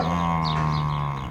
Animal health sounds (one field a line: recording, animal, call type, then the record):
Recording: contact call of a hoofed animal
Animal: cattle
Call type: low-frequency (closed-mouth) or high-frequency (open-mouth) call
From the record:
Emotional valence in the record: negative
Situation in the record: full separation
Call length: 1.30 s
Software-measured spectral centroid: 1690 Hz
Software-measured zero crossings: 1320 a second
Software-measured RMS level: -24 dBFS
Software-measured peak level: -12 dBFS